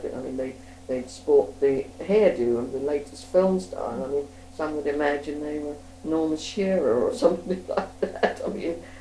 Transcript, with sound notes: I mean they'd sport the hairdo of the latest film star.
Mhm.
I mean, some would imagine they were Norma Shearer or [laughs] something like that! I mean